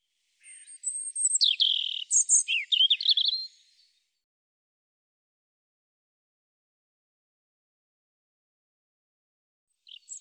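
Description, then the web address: European robin singing one rich phrase of high, rapid trills and jumbled silvery notes lasting about three seconds, then a long silence and the start of another phrase. "cianscape birddata Deverinetal Bird Er Ru"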